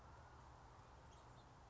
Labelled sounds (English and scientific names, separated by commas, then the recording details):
House Finch (Haemorhous mexicanus)
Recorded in Sonoma County, California